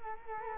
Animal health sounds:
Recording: mosquito wingbeat signal from an infrared sensor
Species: Culex quinquefasciatus

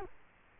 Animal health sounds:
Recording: mosquito wingbeat signal from an infrared sensor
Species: Culex quinquefasciatus

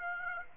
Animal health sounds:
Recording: mosquito wingbeat signal from an infrared sensor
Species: Aedes aegypti

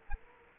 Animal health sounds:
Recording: mosquito wingbeat signal from an infrared sensor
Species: Culex quinquefasciatus

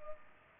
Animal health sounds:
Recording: mosquito wingbeat signal from an infrared sensor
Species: Culex pipiens

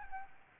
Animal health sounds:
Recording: mosquito wingbeat signal from an infrared sensor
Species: Aedes albopictus

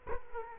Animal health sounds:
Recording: mosquito wingbeat signal from an infrared sensor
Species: Culex quinquefasciatus

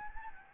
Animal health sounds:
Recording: mosquito wingbeat signal from an infrared sensor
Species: Anopheles gambiae

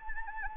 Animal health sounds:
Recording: mosquito wingbeat signal from an infrared sensor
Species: Anopheles arabiensis

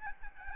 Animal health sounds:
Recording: mosquito wingbeat signal from an infrared sensor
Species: Aedes albopictus

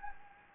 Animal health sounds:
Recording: mosquito wingbeat signal from an infrared sensor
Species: Anopheles gambiae

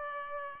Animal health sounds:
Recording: mosquito wingbeat signal from an infrared sensor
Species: Culex pipiens

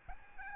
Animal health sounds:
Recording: mosquito wingbeat signal from an infrared sensor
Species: Aedes albopictus

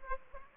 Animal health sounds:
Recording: mosquito wingbeat signal from an infrared sensor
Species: Aedes aegypti

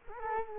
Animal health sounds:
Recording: mosquito wingbeat signal from an infrared sensor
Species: Culex quinquefasciatus

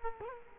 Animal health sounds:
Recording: mosquito wingbeat signal from an infrared sensor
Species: Culex quinquefasciatus

